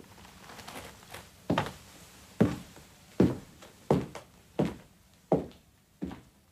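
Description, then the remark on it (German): A man's footsteps walking away down a corridor: about seven firm, evenly paced thuds with a couple of fainter steps before them, the last steps slightly softer, and no voices. “Ich lauschte seinen Schritten, als er den Korridor hinunterging. Nach einer Weile wurden sie schwächer, dann verstummten sie ganz.”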